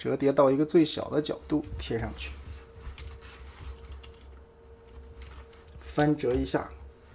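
Someone talks while folding a plastic part into the body of a Transformers Optimus Prime figure (X-brand, G1 toy color scheme) during its reverse transformation. Light plastic ticks and handling taps are heard between about 3.0 and 5.8 s. The part is handled but not yet pushed home, and nothing has seated or clicked yet.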